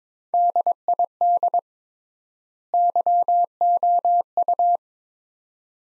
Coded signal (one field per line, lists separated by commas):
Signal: Morse code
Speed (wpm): 22 wpm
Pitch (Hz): 700 Hz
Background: none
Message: DID YOU